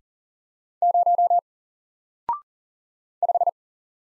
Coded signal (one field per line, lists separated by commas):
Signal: Morse code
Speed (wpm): 38 wpm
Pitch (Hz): 700 Hz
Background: none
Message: 0 5